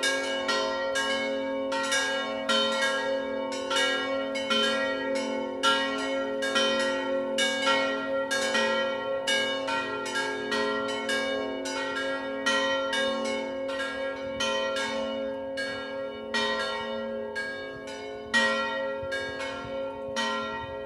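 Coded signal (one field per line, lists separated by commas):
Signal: bell signal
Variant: distesa ringing, three bells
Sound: several church bells swinging and ringing continuously in overlapping, rhythmic peals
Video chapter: [0:15] Distesa discendente di II/III/IV campana come primo ed unico cenno per la messa prefestiva delle 19.00.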